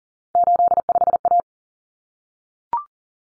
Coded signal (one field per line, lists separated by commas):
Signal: Morse code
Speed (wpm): 40 wpm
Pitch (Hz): 700 Hz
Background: none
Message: 85A